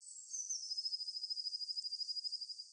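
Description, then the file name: Eurasian blue tit giving a thin high trill, opening with a gliding note and running into rapid, evenly repeated pulses for over two seconds. "Cyanistes caeruleus"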